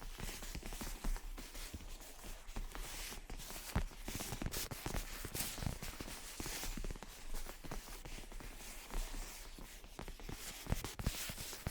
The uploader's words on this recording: Gentle Tapping and Scratching. (No Talking).